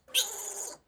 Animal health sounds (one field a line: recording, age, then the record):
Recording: pig call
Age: piglet (1 to 25 days)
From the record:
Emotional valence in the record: negative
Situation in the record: restrain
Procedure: back test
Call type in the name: high-frequency call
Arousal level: maximum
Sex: male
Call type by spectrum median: high-frequency call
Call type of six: high-frequency stable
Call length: 0.87 s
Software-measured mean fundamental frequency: 382 Hz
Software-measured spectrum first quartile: 3134 Hz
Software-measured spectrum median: 5144 Hz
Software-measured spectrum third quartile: 8002 Hz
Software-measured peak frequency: 3216 Hz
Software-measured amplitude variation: 184 dB a second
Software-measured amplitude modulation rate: 16.0 a second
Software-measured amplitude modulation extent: 11.5 dB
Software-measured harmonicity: 4.8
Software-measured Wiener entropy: -2.24